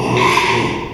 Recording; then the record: squeal of a Yucatan mini pig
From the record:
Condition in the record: after surgery on the right vocal fold (resection and tissue-engineered implant); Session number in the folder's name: 1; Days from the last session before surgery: 6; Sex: male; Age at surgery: 12 weeks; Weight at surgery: 13 kg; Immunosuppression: cyclosporine, prednisolone